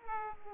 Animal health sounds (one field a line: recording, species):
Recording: mosquito wingbeat signal from an infrared sensor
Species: Aedes aegypti